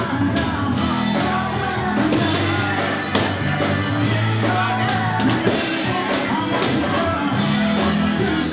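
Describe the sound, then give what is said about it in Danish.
A lively crowd of elderly people shouts and cheers over a steady, loud din, while sharp pops burst out at irregular moments throughout as they pop balloons one after another. “De elsker at springe balloner.”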